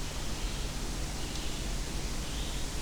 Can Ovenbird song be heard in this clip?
no